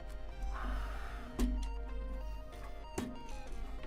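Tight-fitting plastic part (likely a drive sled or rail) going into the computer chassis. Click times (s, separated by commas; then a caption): 1.4 s, 3.0 s. A tight-fitting plastic part is forced into the chassis of a Motorola PowerStack computer, pushed hard enough that it risks snapping. Two sharp plastic clicks land at 1.4 s and 3.0 s over a steady tonal background hum. The part clicks but is still not fully seated.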